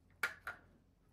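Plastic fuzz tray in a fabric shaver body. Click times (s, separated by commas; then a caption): 0.2 s. A release button on a fabric shaver is pressed, and the plastic fuzz tray pops out of the housing with a sharp click at 0.2 s. A second, softer click follows at 0.5 s, and the tray is released from the body.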